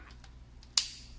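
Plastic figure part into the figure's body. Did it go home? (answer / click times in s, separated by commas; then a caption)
yes / 0.8 s. A matching plastic part on a Studio Series #72 Starscream Transformers Bumblebee Movie Voyager toy figure is pushed into the figure's body. After a few faint handling ticks, it snaps home with a single loud, sharp snap at 0.8 s that rings out briefly. The part is confirmed seated.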